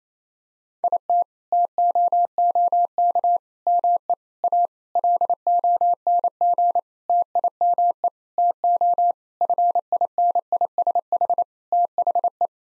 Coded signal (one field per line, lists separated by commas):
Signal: Morse code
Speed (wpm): 27 wpm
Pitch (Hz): 700 Hz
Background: none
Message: IT TOOK ME A LONG TIME TO FINISH THE